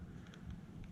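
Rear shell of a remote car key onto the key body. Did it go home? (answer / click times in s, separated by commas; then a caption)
no / none. The rear plastic shell of a 2013–2016 Ford Fusion keyless-entry remote key is slid on at the bottom and the two halves are pushed together during a battery replacement. Soft, brief handling ticks land at about 0.3, 0.3, 0.5 and 0.8 seconds over a steady low rumble. Nothing has seated or clicked yet.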